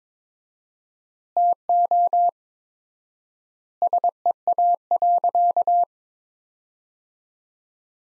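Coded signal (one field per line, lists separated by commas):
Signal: Morse code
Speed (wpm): 22 wpm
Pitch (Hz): 700 Hz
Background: none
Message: TO SEA.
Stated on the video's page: Morse sentences from top 400 words at 22 wpm with 4x standard word spacing, a Farnsworth-like practice drill for head-copy.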